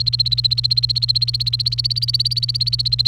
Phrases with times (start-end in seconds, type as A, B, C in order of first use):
0.00-3.08 A